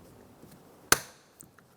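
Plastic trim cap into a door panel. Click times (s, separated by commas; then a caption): 0.9 s. A plastic trim cap on a 2007-2012 Nissan Altima rear door panel is set front edge first, then hinged in and pushed into place. A single sharp, bright click rings out at 0.9 s, followed by two faint ticks. The cap snaps home and is seated.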